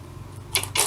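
A plastic battery pack is slid onto a TRESZER TAS3 cordless chainsaw with chain oiling, and a sharp click at 0.6 s shows it latching into place, seated. A smaller tick follows, and broadband noise continues to the end.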